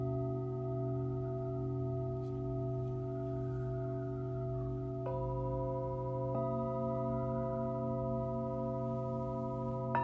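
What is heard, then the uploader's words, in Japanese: Singing bowls ring in a steady, layered hum, with a deep low drone underneath and several sustained clear tones above. New strikes land around five seconds and again near six and a half, adding fresh ringing layers, with another soft strike at the very end. メキシコから シンギングボウルのサウンドヒーリング ライブ。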